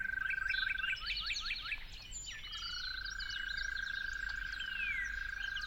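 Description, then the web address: Toad trills, one stopping after a second, then another starting around two seconds and continuing steadily, under a chorus of chirping birds. Toads recorded calling at dawn. "musicofnature Toads at Dawn"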